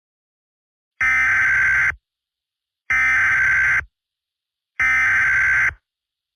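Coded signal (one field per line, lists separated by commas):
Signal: Emergency Alert System (SAME) tones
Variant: header bursts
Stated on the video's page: Fictional EAS scenario.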